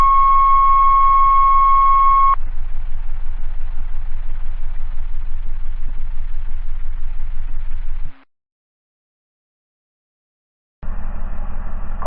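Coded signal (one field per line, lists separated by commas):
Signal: two-tone page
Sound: a steady tone for two seconds, then a longer buzzy second tone, silence, then more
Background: low engine rumble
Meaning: Alerts Winooski Fire to a mutual aid structure fire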